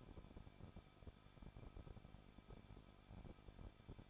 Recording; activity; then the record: daily activity, microphone in the room; no activity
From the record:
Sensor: 5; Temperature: 20.9 degrees Celsius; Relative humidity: 38.3%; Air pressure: 1006.4 hPa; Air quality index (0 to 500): 189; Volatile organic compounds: 19 ppm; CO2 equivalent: 2666 ppm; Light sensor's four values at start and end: 2/3/1/1 and 2/3/1/1